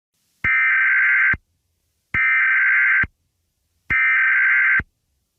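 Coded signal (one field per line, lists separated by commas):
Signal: Emergency Alert System (SAME) tones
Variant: header bursts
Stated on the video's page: Simulated EAS scenario.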